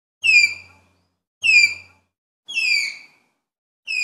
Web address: sound Malayan-tapir